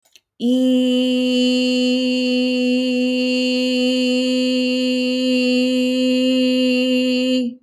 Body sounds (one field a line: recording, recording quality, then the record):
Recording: sustained vowel as in beet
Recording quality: excellent, no background noise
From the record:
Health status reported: healthy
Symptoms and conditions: none ticked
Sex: female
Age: 28 years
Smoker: not ticked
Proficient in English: yes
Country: France